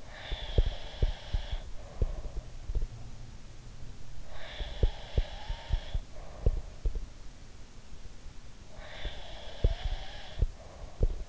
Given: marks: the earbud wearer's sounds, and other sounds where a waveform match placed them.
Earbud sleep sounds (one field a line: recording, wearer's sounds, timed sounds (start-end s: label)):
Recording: sounds in sleep by an in-ear microphone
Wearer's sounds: breath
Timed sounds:
0.00-2.52 s: breath
0.30-2.89 s: sound from someone else or the room
4.25-6.77 s: breath
4.57-6.99 s: sound from someone else or the room
8.66-11.29 s: breath
9.00-11.12 s: sound from someone else or the room